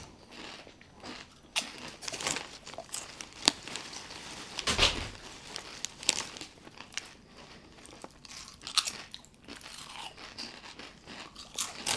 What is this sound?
Chips & Soda